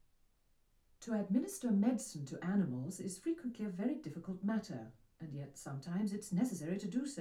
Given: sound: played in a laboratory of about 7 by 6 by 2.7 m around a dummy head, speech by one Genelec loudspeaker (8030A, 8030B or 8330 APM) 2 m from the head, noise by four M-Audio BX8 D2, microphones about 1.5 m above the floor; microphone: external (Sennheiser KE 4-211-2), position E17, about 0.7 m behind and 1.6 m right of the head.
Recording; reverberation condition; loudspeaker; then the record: female speech in English; low; in front (0 degrees)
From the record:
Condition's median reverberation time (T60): about 310 ms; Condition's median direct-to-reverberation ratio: about 3.5 dB